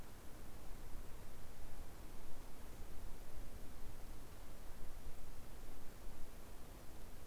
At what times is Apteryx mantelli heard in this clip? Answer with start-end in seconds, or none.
none